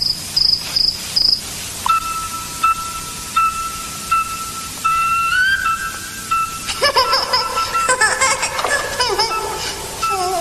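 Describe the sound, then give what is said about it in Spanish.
A pet cricket that lives under a person's arm chirps in a few quick, high-pitched bursts, then settles into a steadier pulsing trill at a lower pitch, joined near the end by a busier jumble of chirps and squeaks. “Ahora podrá ser el grillo del emperador.”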